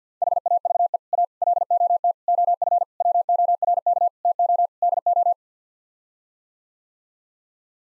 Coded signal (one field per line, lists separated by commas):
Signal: Morse code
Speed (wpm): 50 wpm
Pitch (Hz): 700 Hz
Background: none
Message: HAVE A LOT OF WORK TO DO